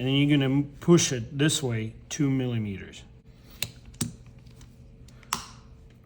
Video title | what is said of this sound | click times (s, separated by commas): Microtech Cypher II inside-out review! | right there do you hear the click | 5.3 s